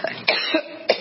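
About four quick, dry cough bursts in one second from an adult woman, part of a prolonged coughing fit while she was being asked questions at a hearing.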